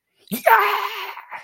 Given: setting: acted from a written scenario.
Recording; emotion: vocal sound without words; elation